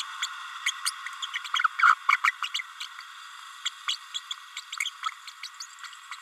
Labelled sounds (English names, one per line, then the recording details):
Green-rumped Parrotlet babbling
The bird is a female
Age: 30 days
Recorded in a nest box in Venezuela
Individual 17B32A7